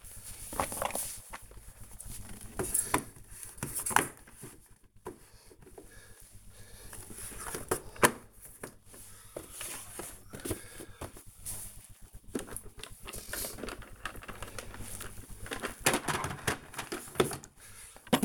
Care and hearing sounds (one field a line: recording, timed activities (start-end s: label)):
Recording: household activities, microphone on the right wrist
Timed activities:
0.00-18.25 s: cleaning the cupboard